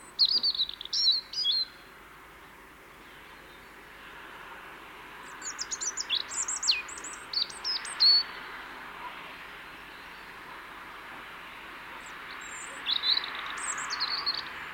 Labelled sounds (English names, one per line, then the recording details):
European Robin song
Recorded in the wild
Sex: male
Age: adult
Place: Kaiserslautern, Rheinland-Pfalz, DE
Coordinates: 49.4284, 7.7786
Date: 1978-03-28
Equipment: Nagra IV, Sennheiser MKH 405, Parabolreflektor
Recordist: Tretzel, Erwin